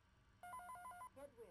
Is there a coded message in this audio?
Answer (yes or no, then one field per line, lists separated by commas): no